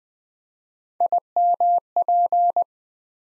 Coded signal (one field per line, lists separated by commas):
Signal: Morse code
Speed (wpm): 20 wpm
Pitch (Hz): 700 Hz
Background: none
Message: IMP